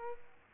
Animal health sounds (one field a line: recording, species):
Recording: mosquito wingbeat signal from an infrared sensor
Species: Aedes albopictus